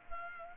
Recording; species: mosquito wingbeat signal from an infrared sensor; Culex pipiens